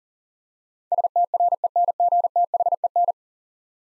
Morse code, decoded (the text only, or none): STRENGTHEN